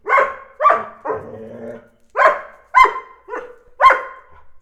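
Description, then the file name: Dog barking: several sharp harmonic barks in quick irregular bursts. Dogs barking during a fight between Clarita and Chacha. "Clarita y Chacha peleando (ladridos de perros y gruñidos de gato)"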